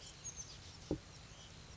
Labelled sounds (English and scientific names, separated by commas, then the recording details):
Oak Titmouse (Baeolophus inornatus)
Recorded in Sonoma County, California